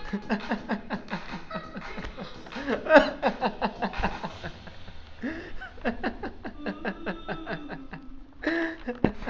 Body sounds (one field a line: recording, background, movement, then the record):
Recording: laughter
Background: music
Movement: sitting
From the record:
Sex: male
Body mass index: 21.0 kg/m2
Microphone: on the chest, facing outward